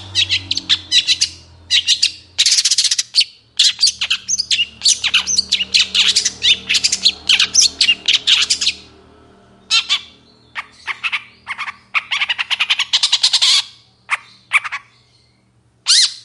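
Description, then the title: Long-tailed Shrike song: dense, harsh squawking phrases and buzzy chatter in long rapid runs, pausing briefly, with a low background hum. Cendet singing actively in the morning, with varied clear calls described as "toet toet". "Cendet Gacor Dor Di Kala Pagi Toet Toet Variasi Suara Jernih"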